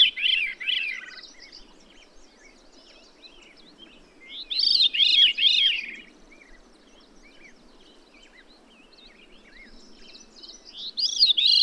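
Bird song: three phrases of rapid arching high notes, each about five seconds apart.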